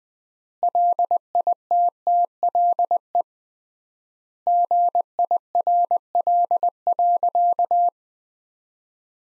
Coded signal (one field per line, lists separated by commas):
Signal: Morse code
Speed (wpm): 20 wpm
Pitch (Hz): 700 Hz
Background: none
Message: LITTLE GIRL.